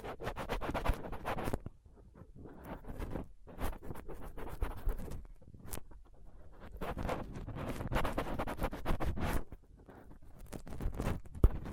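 A dental pick, tweezers and cotton swab scrape and tap against a microphone in dense, scratchy bursts with brief pauses and a sharp click near the end.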